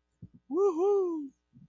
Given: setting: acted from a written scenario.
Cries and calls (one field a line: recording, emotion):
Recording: vocal sound without words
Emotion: pride